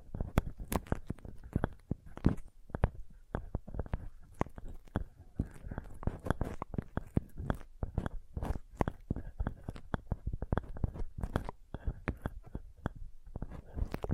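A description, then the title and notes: Dense tapping runs through the whole stretch, quick irregular taps arriving several times a second with sharp bright clicks over a soft thudding body. Loudness stays fairly even, with no pauses. ASMR Sensitive Tapping (No Talking).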